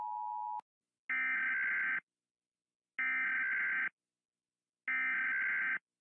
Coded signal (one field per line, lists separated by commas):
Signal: Emergency Alert System (SAME) tones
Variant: header bursts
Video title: Rating EAS Alarms (Part 7)